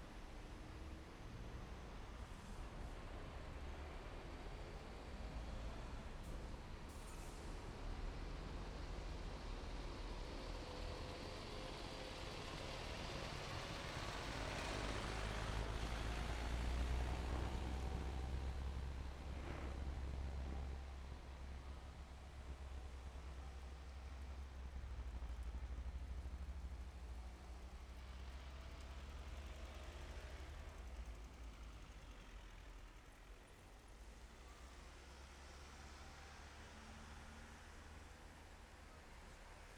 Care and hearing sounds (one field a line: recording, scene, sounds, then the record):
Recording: everyday scene through a hearing-aid microphone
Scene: in traffic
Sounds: traffic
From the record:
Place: main road on the outskirts, rush hour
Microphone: behind the ear, left, rear